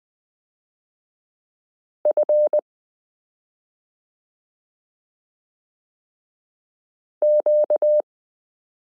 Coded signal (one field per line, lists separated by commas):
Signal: Morse code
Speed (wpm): 20 wpm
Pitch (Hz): 600 Hz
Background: none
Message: F Q